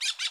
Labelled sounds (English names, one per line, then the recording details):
Brown-throated Parakeet contact call
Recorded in Bonaire
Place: 1 km N of power plant, rd to Republiek
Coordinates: 12.184, -68.285